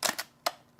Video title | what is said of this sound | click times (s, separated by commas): Unboxed - Ninja CREAMI vs Cuisinart FastFreeze -- Banyan Curated Home Products | Right. locked in. | 0.5 s